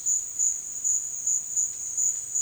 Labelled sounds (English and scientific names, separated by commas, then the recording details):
none
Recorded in dense forest near Puerto Asís, Putumayo, Colombia, on 22 June 2025 at 13:30
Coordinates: 0.466, -76.327
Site GP04